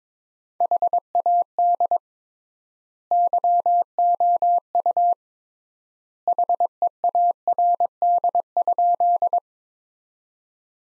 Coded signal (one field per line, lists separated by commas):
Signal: Morse code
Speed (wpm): 21 wpm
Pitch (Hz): 700 Hz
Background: none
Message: HAD YOU HEARD?